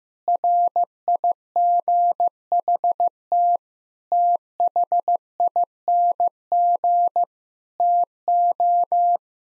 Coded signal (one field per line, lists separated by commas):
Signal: Morse code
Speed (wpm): 15 wpm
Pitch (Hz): 700 Hz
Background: none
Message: RIGHT THING TO